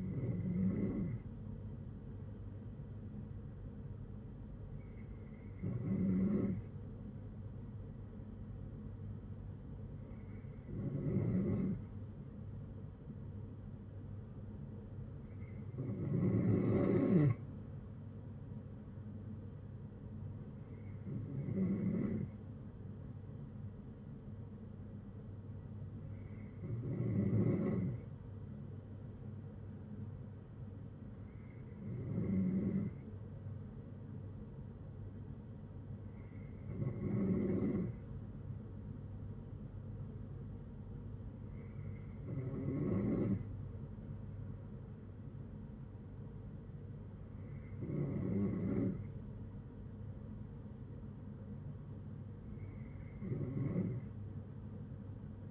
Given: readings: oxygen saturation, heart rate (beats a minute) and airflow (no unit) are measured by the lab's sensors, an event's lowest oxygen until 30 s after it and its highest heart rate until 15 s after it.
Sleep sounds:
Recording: breathing in sleep by a smartphone at the bedside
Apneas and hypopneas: none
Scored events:
40.00-55.51 s: new sleep stage, N2 (light sleep)
From the record:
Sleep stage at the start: N3 (deep sleep)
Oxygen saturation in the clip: 93 to 94%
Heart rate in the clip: 54 to 66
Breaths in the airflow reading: 11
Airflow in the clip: -8.2 to 5.3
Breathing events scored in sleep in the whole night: 182 in 7.4 hours asleep

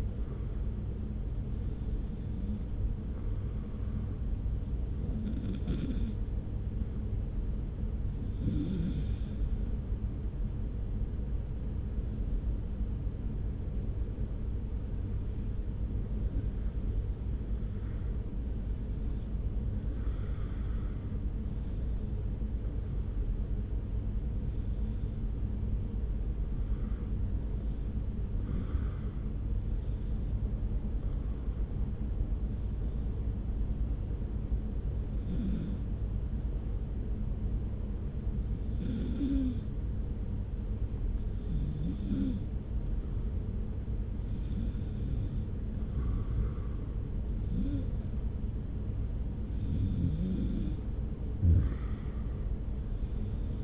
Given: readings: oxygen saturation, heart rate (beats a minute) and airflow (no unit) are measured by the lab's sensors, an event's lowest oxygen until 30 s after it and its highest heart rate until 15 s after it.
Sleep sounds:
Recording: breathing in sleep by a smartphone at the bedside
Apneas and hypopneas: none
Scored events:
34.00-53.64 s: new sleep stage, N2 (light sleep)
From the record:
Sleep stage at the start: N1 (lightest sleep)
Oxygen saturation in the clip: 93 to 95%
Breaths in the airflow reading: 13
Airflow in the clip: -1.2 to 1.7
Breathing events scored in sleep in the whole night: 335 in 6.7 hours asleep

